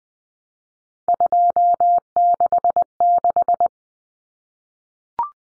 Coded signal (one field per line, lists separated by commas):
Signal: Morse code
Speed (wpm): 20 wpm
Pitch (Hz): 700 Hz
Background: none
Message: 266